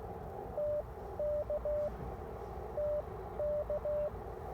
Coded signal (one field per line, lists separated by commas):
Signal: Morse code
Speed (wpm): 16 wpm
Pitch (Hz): 600 Hz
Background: radio noise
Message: TK TK